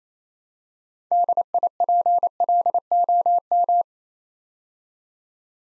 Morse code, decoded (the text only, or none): DIPLOM